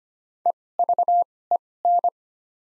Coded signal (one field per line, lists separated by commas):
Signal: Morse code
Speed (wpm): 25 wpm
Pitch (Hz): 700 Hz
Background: none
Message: EVEN